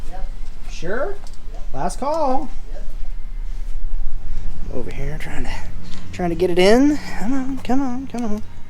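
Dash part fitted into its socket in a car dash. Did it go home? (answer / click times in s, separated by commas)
no / none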